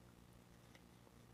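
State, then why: Not seated. An add-on wide-angle lens is handled and placed over the lens of a DJI Osmo Pocket 3 small gimbal camera, with only faint handling noise and a brief soft tap around 0.8 s over a steady low hum. Nothing has seated or clicked into place yet.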